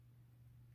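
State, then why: Not seated. The coping blade of a multi-blade pocket knife is being handled before it locks into the handle; this blade locks in place less solidly than the other blade. Only a steady low hum and faint background noise are heard, with a slight brightening near 0.75 s. Nothing has clicked or seated yet.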